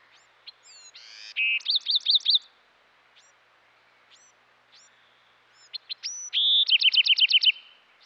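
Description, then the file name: Bewick's wren singing two phrases, each opening with faint high notes and a buzzy burst before a fast, even trill of repeated sharp notes; quiet background otherwise. "dan gibsons solitudes bewicks wren"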